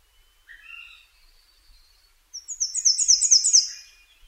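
Nashville warbler song, a few thin notes followed by a fast run of several bright, down-slurred notes.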